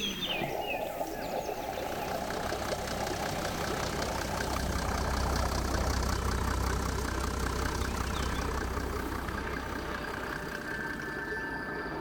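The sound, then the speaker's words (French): A car engine idles steadily for the whole stretch, a continuous low rumble with a faint rhythmic chugging and a thin mechanical whine layered above it. “Des voitures, des pompes.”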